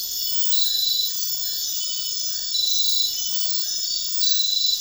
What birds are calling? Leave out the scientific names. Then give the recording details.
none. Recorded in dense forest near Puerto Asís, Putumayo, Colombia, on 18 February 2024 at 01:30. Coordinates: 0.500, -76.322. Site G6465